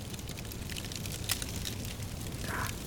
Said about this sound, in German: Heran, das Feuer. Soll es nur. Ich fürchte es nicht.